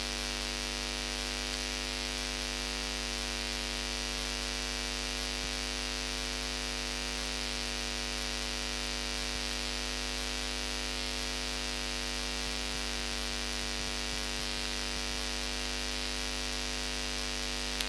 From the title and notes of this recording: The COVID-19 Electromagnetic Sound Diary. This time I’ve decided to focus into the invisible and inaudible atmospheric soundscape by recording a diary of the electromagnetic VLF radio waves during these times.